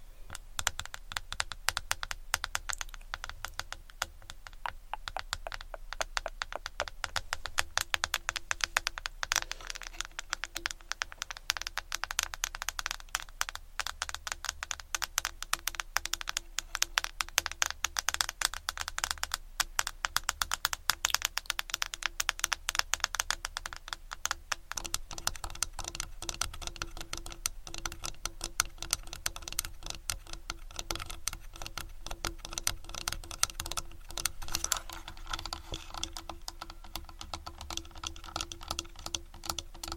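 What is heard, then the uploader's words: Fingers tap rapidly on and around a camera, a dense, continuous stream of small hard clicks that sounds much like fast typing. The tapping stays steady for the whole span, with a faint low hum underneath and a soft tone entering midway. ASMR Fast Camera Tapping On & Around Camera.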